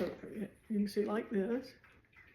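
A bird feeder component is handled and pushed toward its place in the feeder or its mount while someone talks. Nothing has seated or clicked yet; the clip ends before the part goes home.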